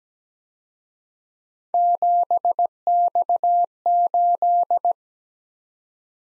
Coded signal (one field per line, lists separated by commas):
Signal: Morse code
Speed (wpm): 20 wpm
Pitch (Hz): 700 Hz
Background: none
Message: 7X8